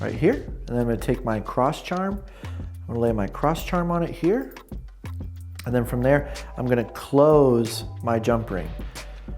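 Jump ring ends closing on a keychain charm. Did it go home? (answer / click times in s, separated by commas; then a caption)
no / none. A cross charm is laid onto a stamped copper keychain piece, ready for its metal jump ring to be closed with pliers. Someone talks over background music, and there are a few faint ticks around 4.7 to 5.4 seconds. Nothing has clicked or seated yet; the jump ring is not closed.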